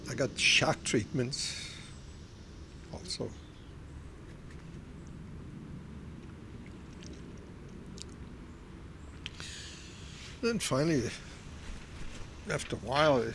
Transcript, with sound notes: I got shock treatments also. ( he pauses ) Then, finally, after a while,